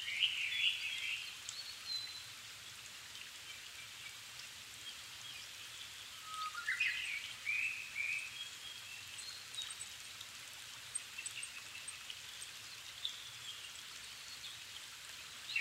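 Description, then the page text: Japanese thrush song, short bursts of whistled notes at the beginning and middle, fairly faint beneath heavy rain patter. Wild bird in Japan, altitude 270 m; 7 May 2011 at 17:59, evening; recorded with Sony PCM-D50 and Panasonic WM-61A mic. "kurotugumi-20110507-1759. Turdus cardis [Sounds -Nikko Today-]"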